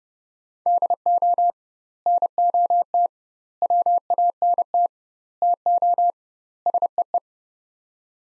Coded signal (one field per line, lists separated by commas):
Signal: Morse code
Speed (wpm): 30 wpm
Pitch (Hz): 700 Hz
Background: none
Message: DO NOT WANT TO SEE